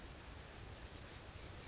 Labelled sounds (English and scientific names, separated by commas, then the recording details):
Oak Titmouse (Baeolophus inornatus)
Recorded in Sonoma County, California